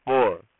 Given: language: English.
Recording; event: throat vibration sensor signal played as sound; speech